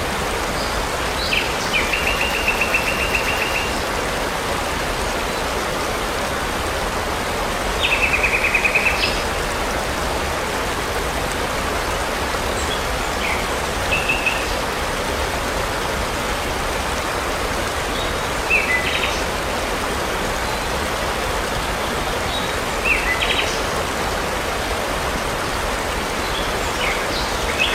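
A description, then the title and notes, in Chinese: A waterfall roars steadily and densely throughout, a constant rushing wash with no pauses. Over it, birds call: a bright trill near the start and another around eight seconds, plus short scattered chirps every few seconds until the end. 瀑布鸟鸣。平静的瀑布声音。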